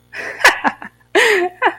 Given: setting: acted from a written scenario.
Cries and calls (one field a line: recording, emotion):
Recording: vocal sound without words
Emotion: amusement